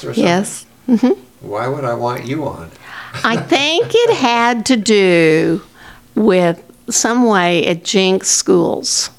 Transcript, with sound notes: Yes.
Why would I want you on? (Chuckling)
I think it had to do with some way at Jenks schools.